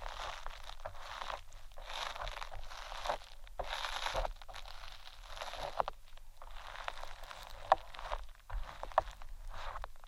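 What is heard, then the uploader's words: ASMR triggers on a head mic: dense, crunchy crinkling and scratching in bursts, with short pauses near 3.5, 6 and 7 seconds. The sound is bright and papery, with a steady low hum underneath and a few sharp clicks near 7.7 and 9 seconds. ASMR Unique Head Mic Triggers（No Talking）.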